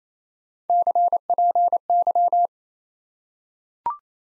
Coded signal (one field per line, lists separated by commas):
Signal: Morse code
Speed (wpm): 28 wpm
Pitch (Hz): 700 Hz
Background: none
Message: CPY